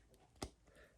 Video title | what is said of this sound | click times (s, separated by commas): Snake Eyes GI Joe Origins Classified Figure | you can hear it pop back on um again they seem like a harder | 0.4 s